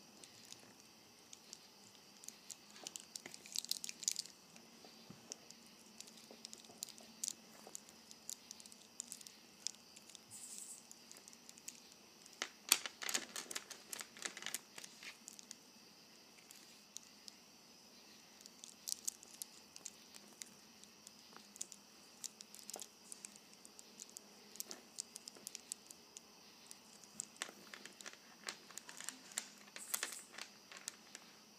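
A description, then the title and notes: A bracelet is handled and played with, giving a steady stream of light clicks, taps and small rattles. Brighter bursts of clinking come in clusters around 3–4, 12–15 and 27–31 seconds, with quieter fiddling between them. Playing with my Bracelet.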